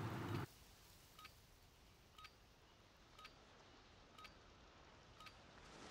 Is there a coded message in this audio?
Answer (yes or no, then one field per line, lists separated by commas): no